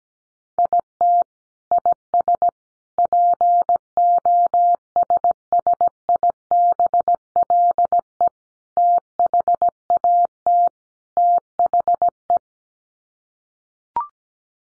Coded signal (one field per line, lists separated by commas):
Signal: Morse code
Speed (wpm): 17 wpm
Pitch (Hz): 700 Hz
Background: none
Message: IT IS POSSIBLE THAT THE